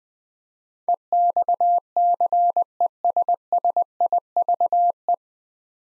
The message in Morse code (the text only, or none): EXCESSIVE